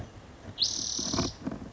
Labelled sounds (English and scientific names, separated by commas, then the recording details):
Spotted Towhee (Pipilo maculatus)
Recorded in Sonoma County, California